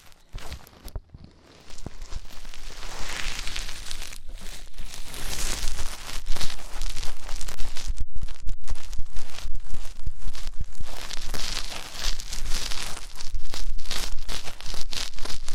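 Ear cleaning sounds fill the clip, starting after a near-silent first two seconds. A dense, crackling, scratchy texture follows, with rapid irregular bursts and bright rustling that swells around six and eleven seconds, broken by a brief drop near eight seconds.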